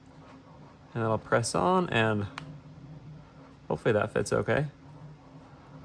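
A glued plastic tile is being pressed onto a mini Square-1 twisty puzzle piece while someone talks in two bursts, with quiet background between. The tile was not pressed on hard enough, and nothing has seated or clicked yet in this clip.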